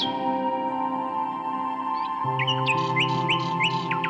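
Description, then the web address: Common nightingale song: a quick run of repeated rising notes in the second half, after a stretch with little song over sustained low droning tones. "Circlesandlines recordings. h wialenove - nightingale song"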